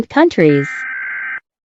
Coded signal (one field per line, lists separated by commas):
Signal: Emergency Alert System (SAME) tones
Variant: header bursts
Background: speech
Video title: Rating EAS Alarms ☠️ #shorts #alarm #country